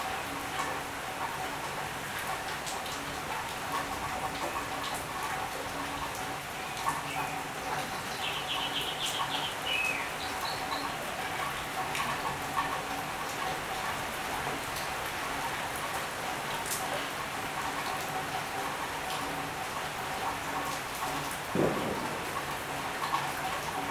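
Steady rain falls throughout, a dense, even patter with scattered sharper drops ticking out above it. A low steady hum runs underneath, a brief high chirping appears around eight to ten seconds, and a short swooping sound passes near twenty-one seconds.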